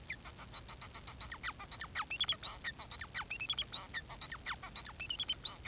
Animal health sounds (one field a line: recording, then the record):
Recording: song of a male Bengalese finch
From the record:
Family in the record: son of father 4